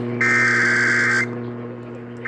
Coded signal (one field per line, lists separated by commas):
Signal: Emergency Alert System (SAME) tones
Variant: header bursts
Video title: The Flood Bowl of Alerts | EAS's #808-862 from July 14th, 2025.